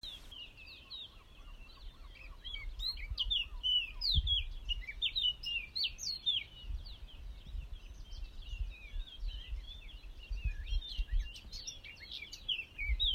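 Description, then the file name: Eurasian blackcap song, a long stretch of fast warbling and twittering; early on a lower, evenly repeated note is also heard, with intermittent low thumps. "Sylvia atricapilla"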